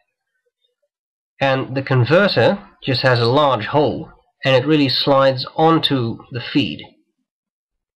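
An ink converter with a large opening is being slid onto the plastic feed of a Platinum 3776 fountain pen with a music nib while someone talks throughout. The clip ends before the converter is pushed home, so nothing has seated or clicked yet.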